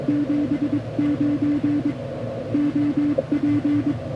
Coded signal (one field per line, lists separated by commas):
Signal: Morse code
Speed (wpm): 22 wpm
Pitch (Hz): 290 Hz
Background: none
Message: 79 OP